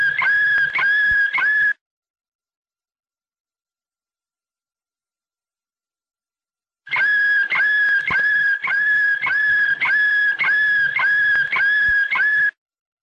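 Domestic canary song made of clear repeated notes about two per second, a short burst, long silence, then a longer run of the same notes.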